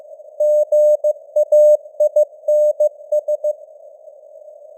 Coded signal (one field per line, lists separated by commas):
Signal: Morse code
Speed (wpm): 15 wpm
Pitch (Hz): 600 Hz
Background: none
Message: GAINS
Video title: Morse Code News | 2025-12-04 | 15wpm